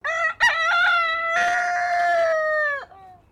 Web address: Sound Effects-Foundation 1 BIRD CHICKEN SILKIE CROW